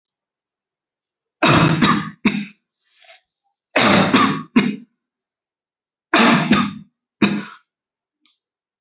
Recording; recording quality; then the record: heavy voluntary cough; excellent, no background noise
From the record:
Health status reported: respiratory illness, not identified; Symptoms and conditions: none ticked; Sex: male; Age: 21 years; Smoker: not ticked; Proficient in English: yes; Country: India